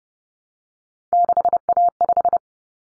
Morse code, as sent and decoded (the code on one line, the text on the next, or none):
-.... .- .....
6A5